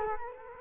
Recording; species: mosquito wingbeat signal from an infrared sensor; Culex quinquefasciatus